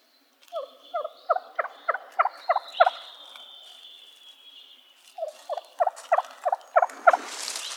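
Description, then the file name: Wild turkey gobbles in two rapid rattling series, the first long and strong, the second shorter after a pause, with a thin drawn-out whine in between. Arizona, recorded 17 May 2007. "W TURKEY deviche"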